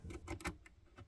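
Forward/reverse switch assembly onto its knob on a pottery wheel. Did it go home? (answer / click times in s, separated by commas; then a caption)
no / none. The forward/reverse switch assembly of a VL Whisper pottery wheel is handled as it is pushed back onto its knob, giving a series of soft plastic-like taps and rustles around 0.1, 0.3 and 0.45 seconds, with fainter ones near 0.65 and 1.0 seconds. Nothing has seated or clicked yet.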